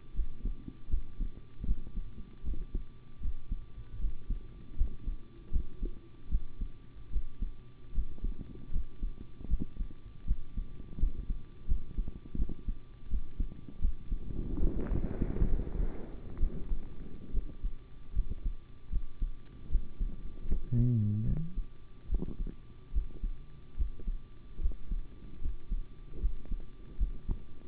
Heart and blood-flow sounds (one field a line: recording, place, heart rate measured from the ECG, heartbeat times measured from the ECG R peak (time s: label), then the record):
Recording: heart sounds by stethoscope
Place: between the tricuspid and mitral areas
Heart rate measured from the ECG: 76 bpm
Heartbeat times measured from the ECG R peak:
0.13 s: heartbeat
0.88 s: heartbeat
1.65 s: heartbeat
2.43 s: heartbeat
3.20 s: heartbeat
3.99 s: heartbeat
4.76 s: heartbeat
5.51 s: heartbeat
6.29 s: heartbeat
7.10 s: heartbeat
7.92 s: heartbeat
8.71 s: heartbeat
9.48 s: heartbeat
10.25 s: heartbeat
10.98 s: heartbeat
11.67 s: heartbeat
12.36 s: heartbeat
13.08 s: heartbeat
13.80 s: heartbeat
14.59 s: heartbeat
15.47 s: heartbeat
16.39 s: heartbeat
17.32 s: heartbeat
18.13 s: heartbeat
18.90 s: heartbeat
19.69 s: heartbeat
20.47 s: heartbeat
21.26 s: heartbeat
22.09 s: heartbeat
22.92 s: heartbeat
23.76 s: heartbeat
24.60 s: heartbeat
25.40 s: heartbeat
26.20 s: heartbeat
26.97 s: heartbeat
From the record:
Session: rest, sitting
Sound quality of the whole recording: good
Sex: male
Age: 25 years